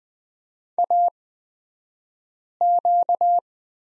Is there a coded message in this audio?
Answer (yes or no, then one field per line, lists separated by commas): yes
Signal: Morse code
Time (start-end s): 0.8-3.4 s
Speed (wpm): 20 wpm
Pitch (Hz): 700 Hz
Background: none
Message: AQ